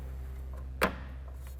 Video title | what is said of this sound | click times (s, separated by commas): How to Replace Headlights 97-01 Toyota Camry | Snaps into place. | 0.8 s